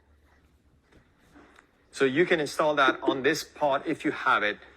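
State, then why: Not seated. A low-profile thru-hull pedal drive adapter is handled at the pedal drive opening of a Vibe Shearwater kayak, with faint handling noise and a small tick near 1.6 s. From about 2.0 s someone talks. Nothing has seated or clicked yet.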